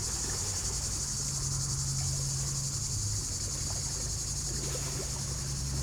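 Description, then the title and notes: Cicadas singing in a steady, high, hissing chorus that never breaks, over a low rumble of traffic. Hot summer day beside Lac du Bourget, Brison-Saint-Innocent, France; cicadas very active in waterside poplars; traffic on the D991; recorded during a bike stop. "9 Chem. de la Fontaine, 73100 Brison-Saint-Innocent, France - Les cigales. Au bord du lac du Bourget par une chaude journée d'été je suis en vélo, les cigales sont très actives aujourd'hui dans les peupliers du bord de l'eau. cymbalisation des cigales locales"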